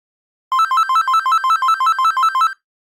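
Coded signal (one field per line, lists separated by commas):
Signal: none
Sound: cordless phone ringtone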